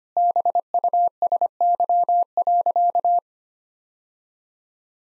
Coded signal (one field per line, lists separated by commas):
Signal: Morse code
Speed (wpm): 25 wpm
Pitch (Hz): 700 Hz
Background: none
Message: BUSY.